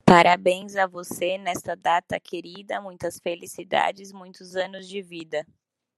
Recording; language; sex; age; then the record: short text; Brazilian Portuguese; female; 30 to 39 years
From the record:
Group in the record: control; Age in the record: 30 years